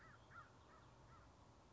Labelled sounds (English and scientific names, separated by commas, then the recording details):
American Crow (Corvus brachyrhynchos)
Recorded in Sonoma County, California